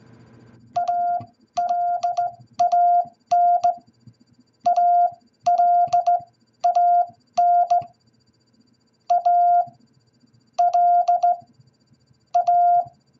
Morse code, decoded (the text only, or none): ALAN ALAN A L A